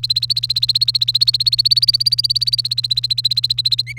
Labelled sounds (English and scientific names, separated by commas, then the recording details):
Domestic Canary (Serinus canaria) song
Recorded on 30 April 2018 at 16:16
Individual llb3